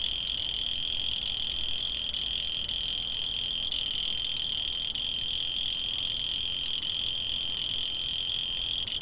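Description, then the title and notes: Steady high-pitched cricket trill, an even ringing drone that barely changes, with faint low hiss below. Field recordings made in Tavira, Tangier, Lima and Bhubaneswar. "ACA - Grabaciones de campo. Grillo 2. grabaciones hechas en tavira, tangier, lima, bhubanshwar"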